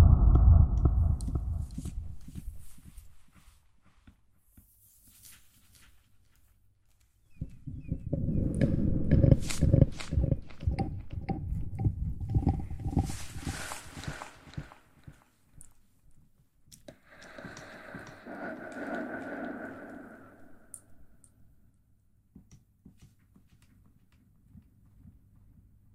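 ASMR mouth sounds mixed with mic pumping, swirling and tapping. A heavy, low thumping burst opens the clip, then a dense stretch of crackly clicks and wet mouth noises runs from about 7 to 15 seconds. A smoother swirling sweep around 17–21 seconds fades into faint tapping.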